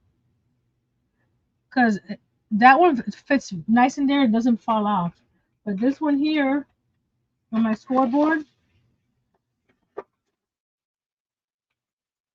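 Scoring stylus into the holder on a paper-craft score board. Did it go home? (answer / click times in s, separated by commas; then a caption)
partly / 10.0 s. A scoring stylus from a different brand is set into the holder on top of a plastic paper-craft score board. Someone talks from about 1.7 to 8.4 s, then a single short click sounds at 10.0 s. The stylus does not click firmly into place, so the fit stays loose and not fully home.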